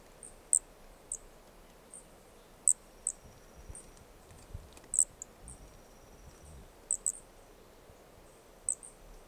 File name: Brachycephalus sp ind 4 ind 5 Corcovado two starting notes lost